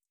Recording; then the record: hydrophone in a shrimp aquaculture tank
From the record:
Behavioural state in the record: feeding